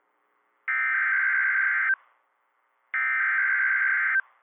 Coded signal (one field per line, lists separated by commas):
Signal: Emergency Alert System (SAME) tones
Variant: header bursts